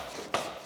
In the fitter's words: to do that up nice and tight until it completely locks into place like so and then that's your tall attached